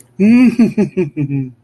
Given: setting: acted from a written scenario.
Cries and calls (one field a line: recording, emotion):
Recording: vocal sound without words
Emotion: ecstasy